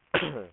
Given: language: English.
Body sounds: throat vibration sensor signal played as sound; cough

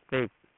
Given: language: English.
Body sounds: throat vibration sensor signal played as sound; speech

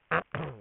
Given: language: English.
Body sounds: throat vibration sensor signal played as sound; throat clearing

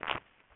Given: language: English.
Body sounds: throat vibration sensor signal played as sound; swallow

